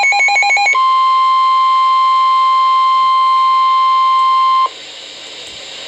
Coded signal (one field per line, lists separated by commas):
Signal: Emergency Alert System (SAME) tones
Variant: 1050 Hz attention tone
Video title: NOAA - Tornado Warning (EAS #966)